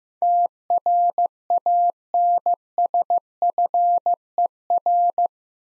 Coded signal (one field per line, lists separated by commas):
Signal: Morse code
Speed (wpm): 15 wpm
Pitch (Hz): 700 Hz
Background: none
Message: TRANSFER